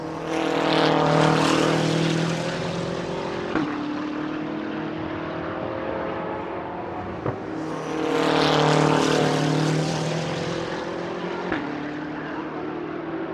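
Race cars scream past on a circuit during qualifying, two passes about seven seconds apart, each swelling loud around the 1- and 8-second marks. The engines hold a low, steady roar with sharp gear-change blips, and the sound falls away as each car pulls off.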